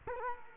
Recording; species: mosquito wingbeat signal from an infrared sensor; Culex quinquefasciatus